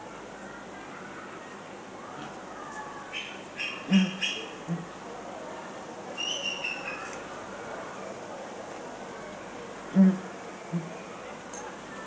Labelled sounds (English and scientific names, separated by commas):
Abyssinian Ground Hornbill (Bucorvus abyssinicus) call